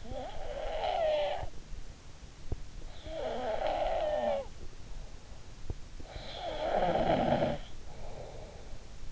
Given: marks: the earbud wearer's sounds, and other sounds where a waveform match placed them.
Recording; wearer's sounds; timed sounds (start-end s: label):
sounds in sleep by an in-ear microphone; snoring breath
0.00-1.59 s: snoring breath
2.86-5.16 s: snoring breath
6.20-8.64 s: snoring breath